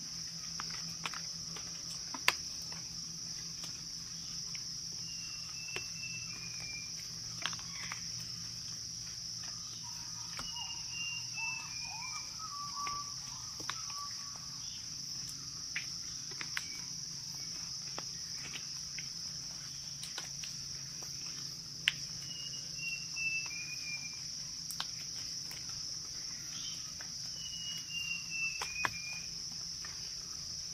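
Jungle ambience: a steady, high insect drone hums without a break, with a low murmur underneath. Birds call every few seconds in short, falling whistled phrases, joined by softer lower notes around the middle, and sharp ticks and clicks pop up now and then.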